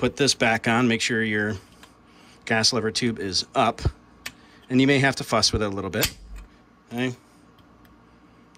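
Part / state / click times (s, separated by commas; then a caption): upper gas tube handguard into the rifle's gas tube lever/retainer / seated / 8.6 s. Someone talks while refitting the upper gas tube handguard onto an AK-47 rifle's gas tube lever/retainer, with the gas tube lever up, working it into position. After some quiet handling, a short, quick-decaying tick is heard at 8.6 seconds as the handguard snaps into place and seats.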